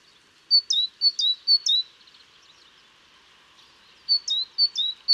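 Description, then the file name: Great tit song: crisp two-note phrases, high then lower, repeated in two short bouts over a steady background hiss. "Parus major"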